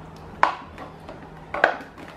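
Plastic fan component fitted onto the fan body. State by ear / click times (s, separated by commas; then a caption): seated / 0.4 s, 1.6 s. A plastic part of a Mondial Maxi Power Black 40 NV-75-6P-NP 140 W fan is pressed onto the fan body during assembly. It gives two sharp clicks, at 0.4 s and 1.6 s, with fainter knocks between. The part is now fully seated.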